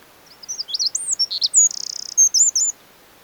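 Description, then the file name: Eurasian wren singing a fast, very high-pitched run of sharp warbled notes, a dry buzzing trill in the middle, then a few more quick twittered notes before stopping. "Troglodytes troglodytes"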